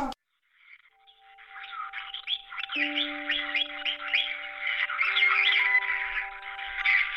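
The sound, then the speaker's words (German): Parrots squawk and chatter continuously in a bird shop where they are taught to say hello on the telephone, a busy, scratchy flurry of calls that grows louder, with steady humming tones running underneath. No one speaks. “Er bringt den Papageien bei, am Telefon Hallo zu sagen.”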